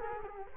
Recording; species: mosquito wingbeat signal from an infrared sensor; Culex quinquefasciatus